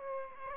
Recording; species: mosquito wingbeat signal from an infrared sensor; Aedes aegypti